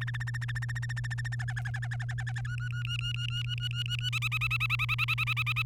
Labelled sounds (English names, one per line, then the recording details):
Domestic Canary song
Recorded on 3 May 2018 at 12:20
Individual llb3